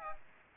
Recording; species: mosquito wingbeat signal from an infrared sensor; Aedes aegypti